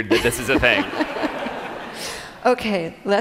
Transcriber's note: laughter